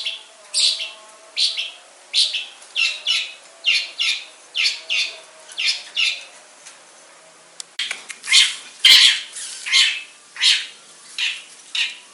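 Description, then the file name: Long-tailed shrike giving harsh, scratchy notes at a steady pace, a short silence, then louder rasps and squawks resuming at a similar pace. Banyuwangi and Madura types of cendet. "Suara Cendet Banyuwangi dan Madura"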